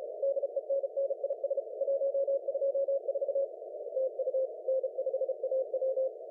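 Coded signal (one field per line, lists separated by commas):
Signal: Morse code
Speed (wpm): 38 wpm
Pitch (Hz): 530 Hz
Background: radio noise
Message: DENNIS 124 TU N5AW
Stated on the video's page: CWT contest operation.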